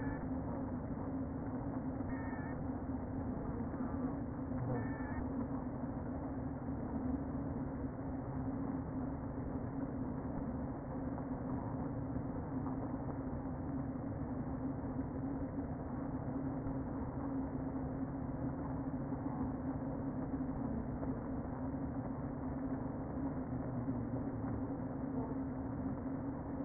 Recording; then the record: honeybee colony, microphone inside the hive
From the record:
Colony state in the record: queen present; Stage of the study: before two queens were removed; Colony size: about 60,000 bees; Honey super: yes